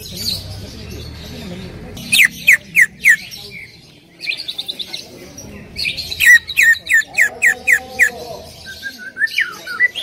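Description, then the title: Greater green leafbird giving runs of quick, sharp slurred notes separated by short pauses, with a lower sound under one run. Female calling to a male, described as very actively and excitedly vocal. "CUCAK IJO BETINA GACOR HIPER MEMANGGIL JANTAN"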